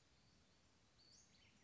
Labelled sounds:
Western Flycatcher (Empidonax difficilis)
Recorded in Sonoma County, California

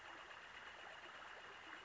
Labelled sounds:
Northern Flicker (Colaptes auratus)
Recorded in Sonoma County, California

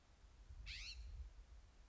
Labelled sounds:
California Scrub-Jay (Aphelocoma californica)
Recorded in Sonoma County, California

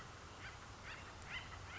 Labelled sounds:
Acorn Woodpecker (Melanerpes formicivorus)
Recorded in Sonoma County, California

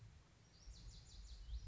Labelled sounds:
Lazuli Bunting (Passerina amoena)
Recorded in Sonoma County, California

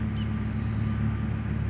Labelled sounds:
Spotted Towhee (Pipilo maculatus)
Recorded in Sonoma County, California

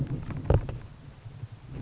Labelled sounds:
Grasshopper Sparrow (Ammodramus savannarum)
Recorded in Sonoma County, California

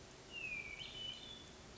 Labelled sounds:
Hermit Thrush (Catharus guttatus)
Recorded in Sonoma County, California

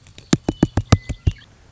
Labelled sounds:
Western Meadowlark (Sturnella neglecta)
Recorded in Sonoma County, California

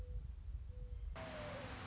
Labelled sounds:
Mourning Dove (Zenaida macroura)
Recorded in Sonoma County, California

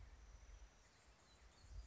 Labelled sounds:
Anna's Hummingbird (Calypte anna)
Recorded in Sonoma County, California

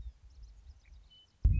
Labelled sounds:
Western Meadowlark (Sturnella neglecta)
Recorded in Sonoma County, California

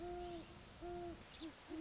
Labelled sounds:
Great Horned Owl (Bubo virginianus)
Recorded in Sonoma County, California

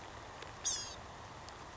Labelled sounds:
Blue-gray Gnatcatcher (Polioptila caerulea)
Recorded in Sonoma County, California

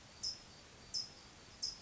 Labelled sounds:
California Towhee (Melozone crissalis)
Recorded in Sonoma County, California

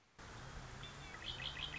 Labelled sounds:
Red-winged Blackbird (Agelaius phoeniceus)
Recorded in Sonoma County, California

